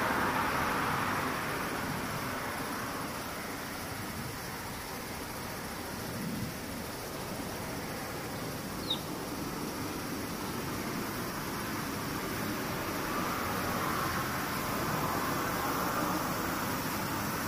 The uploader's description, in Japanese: セミ